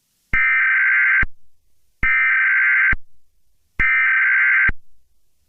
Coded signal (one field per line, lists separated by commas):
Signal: Emergency Alert System (SAME) tones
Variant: header bursts